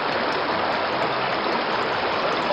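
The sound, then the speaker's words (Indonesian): Steady rushing of a swift, strong-current river, a dense, even hiss and gurgle that holds constant throughout with no pauses or voices. “Tak lama kemudian, Amir dan Banu sampai di sungai.”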